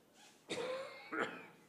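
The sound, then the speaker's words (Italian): Two harsh, raspy coughs from a speaker finishing a talk to an audience, one right after the other, the second a bit louder and shorter, with no talking around them. “Con quest'ultimi colpi di tosse, io vi ringrazio di essere intervenuti, di essere qui rimasti a sentire queste mie chiacchierate.”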